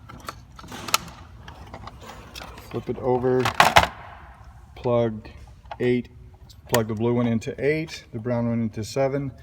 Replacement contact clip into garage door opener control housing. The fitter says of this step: these clips basically just pop into place